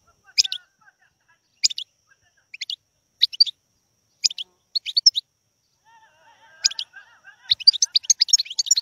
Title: اجمل غناءالحسون الخلويchant chardonneret sauvage collection